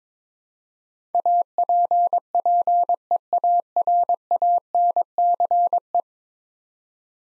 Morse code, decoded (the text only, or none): APPEARANCE